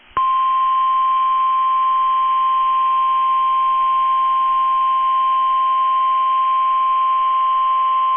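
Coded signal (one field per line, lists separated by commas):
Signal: Emergency Alert System (SAME) tones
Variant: 1050 Hz attention tone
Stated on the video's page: Real tornado warning with valid EAS tones.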